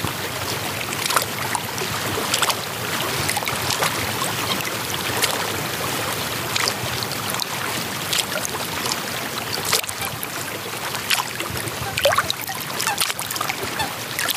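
Water laps and splashes steadily at a lake's edge, a dense bright wash broken by frequent small slaps and clicks.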